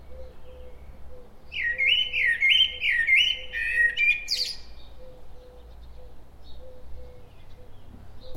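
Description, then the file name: Common blackbird singing a looping, flute-like warble that ends in a high, strained twitter, while soft low notes repeat steadily in the background. "Turdus merula"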